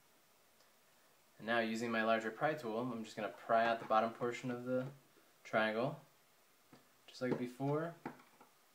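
Someone talks while using a larger pry tool on the bottom portion of the large steel triangle of a Deathly Hallows necklace pendant, held flat against a table, to work the pendant pin toward the hole in the pendant frame. Only speech and faint handling are heard, and nothing has seated or clicked yet.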